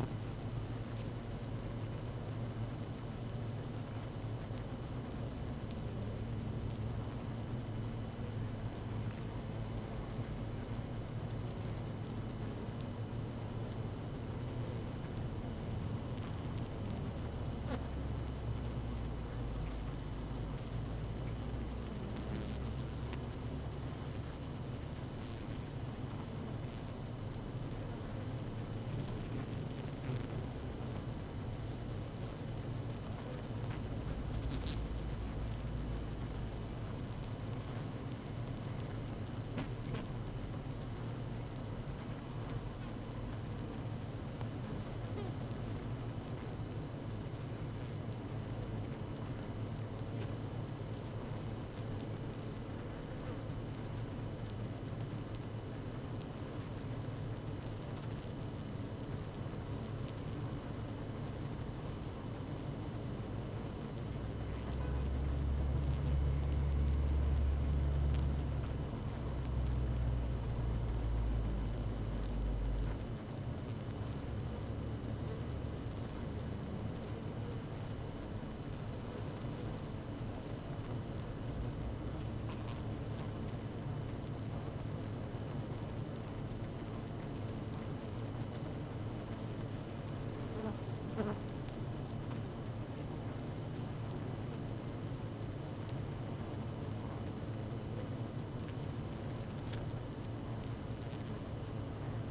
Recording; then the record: honeybee colony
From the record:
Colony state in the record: active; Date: 12 June 2018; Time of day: 17:05